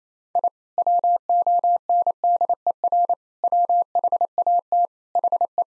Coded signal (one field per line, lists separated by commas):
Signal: Morse code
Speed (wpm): 28 wpm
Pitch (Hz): 700 Hz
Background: none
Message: I WONDER WHAT HE